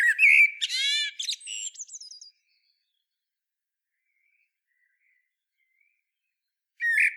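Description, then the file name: Common blackbird song: a burst of warbled fluty notes and buzzy high squeaks, then a long silence and the start of another phrase. "Turdus merula"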